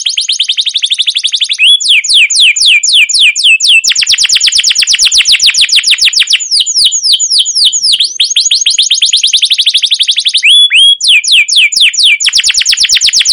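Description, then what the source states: Canary delivering a long continuous song of rapid rolling trills and sweeping downward notes. Canary with a long rolling 'ngerol' gacor song and 'cuit cuit' notes, used as a lure and master song to train or provoke other canaries to sing.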